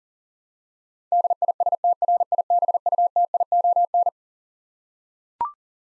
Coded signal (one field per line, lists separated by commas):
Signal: Morse code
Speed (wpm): 40 wpm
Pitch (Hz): 700 Hz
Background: none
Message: DISTRIBUTION